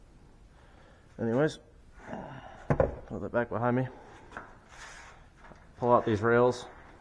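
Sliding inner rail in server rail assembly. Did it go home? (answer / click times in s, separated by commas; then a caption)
no / none. Someone talks while the sliding inner rails of a server rail assembly are pulled out, with soft rubbing, sliding handling noise and a brief sharp tap near 4.4 s. The rails are handled but not yet home; nothing has clicked or seated yet.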